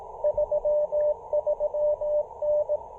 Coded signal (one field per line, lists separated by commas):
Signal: Morse code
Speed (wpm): 17 wpm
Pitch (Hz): 600 Hz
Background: none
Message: 33N